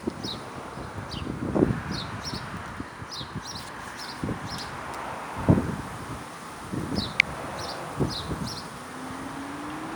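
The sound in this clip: House sparrow giving a series of brief downward chirps in irregular bursts, with gusty wind noise, low thumps and a faint rising hum near the end.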